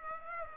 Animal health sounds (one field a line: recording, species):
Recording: mosquito wingbeat signal from an infrared sensor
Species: Aedes aegypti